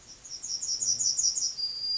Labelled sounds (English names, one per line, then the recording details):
Yellowhammer song
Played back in forest
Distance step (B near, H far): D
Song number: 051